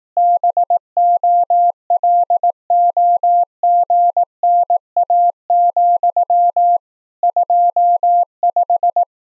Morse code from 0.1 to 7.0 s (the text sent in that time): BOLOGNA,